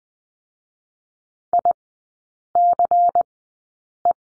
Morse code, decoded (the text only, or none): ICE